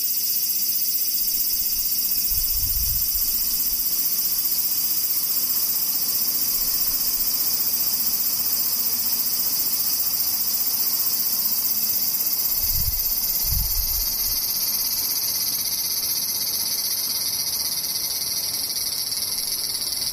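Cicadas keep up a dense, unbroken high shrill through all twenty seconds, with a steady hiss above it and no letup in loudness. Low thumps break in briefly near the three-second mark and again around thirteen seconds.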